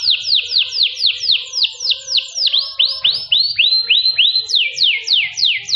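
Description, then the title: Canary song: steady series of clear descending whistled notes, roughly four per second, shifting pitch midway and then rising again. Kenari mewah in cengkok style, a long-duration song with a special pleasing style. "Cengkok Kenari Mewah. Kenari mewah durasi panjang. Cengkok enak gaya istimewa"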